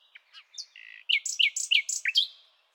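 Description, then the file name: Common nightingale song: thin quiet notes and a level whistle, followed by a quick run of loud repeated chirping notes. "Luscinia megarhynchos"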